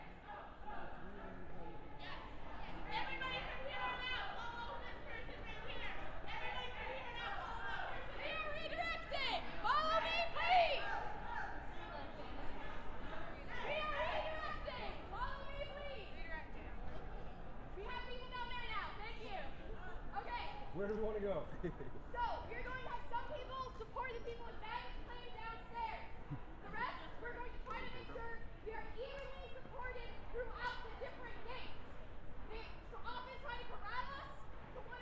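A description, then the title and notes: Crowd at an airport protest: many voices talk at once in a dense, steady murmur, with a few speakers standing out, including a woman's voice. The level stays even throughout, with brief louder bursts of speech around ten and twenty seconds. Field/protest recording Sea-Tac Airport Immigration/Travel Ban Protest. Source: DPA 4060 mics (used as binaural) -> Sound Devices 702.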